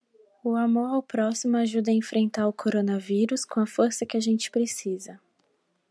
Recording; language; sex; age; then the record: spoken sentence; Brazilian Portuguese; female; 20 to 29 years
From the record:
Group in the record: control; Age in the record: 27 years